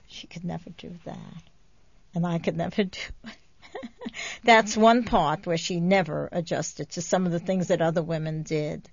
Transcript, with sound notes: She could never do that, and I could never do it. ( she laughs ) That's one part where she never adjusted, to some of the things that other women did.